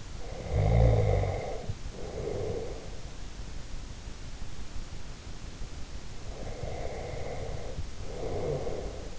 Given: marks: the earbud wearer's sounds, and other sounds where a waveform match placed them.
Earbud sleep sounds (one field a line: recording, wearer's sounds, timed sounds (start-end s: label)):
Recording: sounds in sleep by an in-ear microphone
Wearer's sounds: snoring breath, breath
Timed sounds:
0.48-2.95 s: snoring breath
6.39-9.18 s: breath